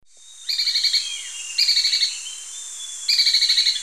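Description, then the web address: Spillmann's tapaculo song: three short, rapid, high trills of evenly spaced notes, each about half a second long, over a steady hiss. Ecuador. "Birds of Ecuador Spillmann's Tapaculo"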